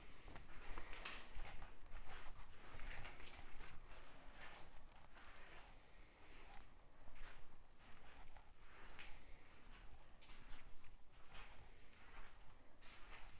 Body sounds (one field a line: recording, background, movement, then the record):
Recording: deep breathing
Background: quiet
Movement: walking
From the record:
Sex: female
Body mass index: 21.8 kg/m2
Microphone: on the chest, facing outward